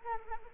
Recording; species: mosquito wingbeat signal from an infrared sensor; Anopheles arabiensis